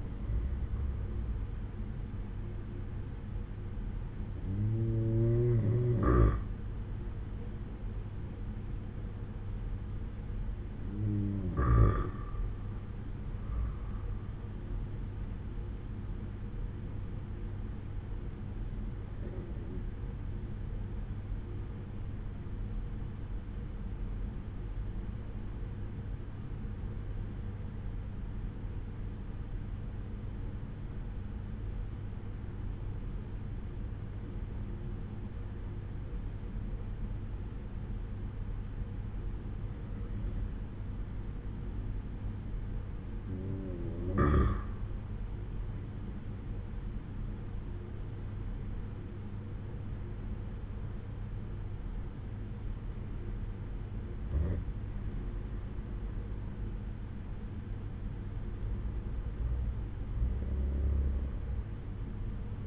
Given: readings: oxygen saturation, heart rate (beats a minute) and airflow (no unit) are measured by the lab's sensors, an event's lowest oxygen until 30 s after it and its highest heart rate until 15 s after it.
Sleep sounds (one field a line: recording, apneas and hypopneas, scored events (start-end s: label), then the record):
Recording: breathing in sleep by a smartphone at the bedside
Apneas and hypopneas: 1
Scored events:
19.00-41.50 s: hypopnea (N1, oxygen 95% highest, then 90% lowest)
23.00-62.67 s: new sleep stage, N2 (light sleep)
From the record:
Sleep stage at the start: N1 (lightest sleep)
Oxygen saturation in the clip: 90 to 95%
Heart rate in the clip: 61 to 69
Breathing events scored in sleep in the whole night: 187 in 7.2 hours asleep